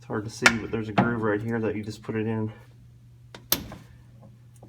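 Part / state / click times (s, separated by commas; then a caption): U-joint snap ring into driveshaft yoke groove / seated / 3.5 s. A steel snap ring (retaining clip) is pushed into the small groove in the U-joint bearing cap bore of a truck driveshaft yoke, on a Silverado. Someone talks for the first two and a half seconds, then a faint tick is followed by a sharp metallic snap at 3.5 s as the ring seats in the groove.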